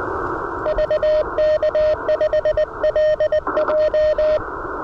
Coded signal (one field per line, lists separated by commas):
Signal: Morse code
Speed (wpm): 18 wpm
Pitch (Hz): 590 Hz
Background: radio noise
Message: VK5LJ